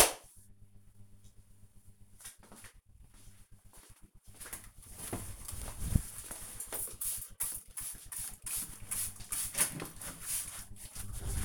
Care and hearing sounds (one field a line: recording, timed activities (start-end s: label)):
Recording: household activities, microphone on the right wrist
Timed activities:
5.04-11.45 s: window cleaning